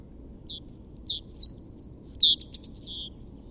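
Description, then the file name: European robin singing a brief, scratchy high phrase of scattered chirps and squeaky notes, ending in a lower, clearer whistle, over a low rumbling background. "Erithacus rubecula"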